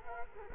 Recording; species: mosquito wingbeat signal from an infrared sensor; Culex quinquefasciatus